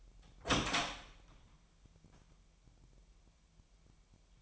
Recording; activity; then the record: daily activity, microphone in the room; open door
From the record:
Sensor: 1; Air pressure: 998.4 hPa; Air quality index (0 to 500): 135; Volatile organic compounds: 4 ppm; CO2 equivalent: 1611 ppm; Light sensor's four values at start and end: 18/61/24/25 and 18/60/24/25